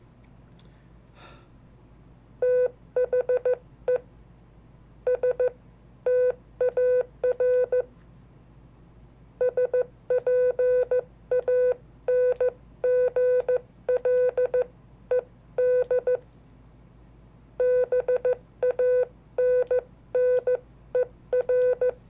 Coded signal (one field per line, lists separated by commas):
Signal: Morse code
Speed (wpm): 14 wpm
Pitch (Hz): 500 Hz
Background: none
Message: THE STAR SPANGLED BANNER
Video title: 5 Dates from History in Morse Code